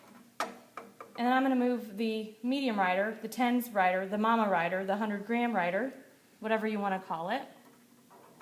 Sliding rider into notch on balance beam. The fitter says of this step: and 200 is too much so i move it back over to the 100 spot and then you can feel it click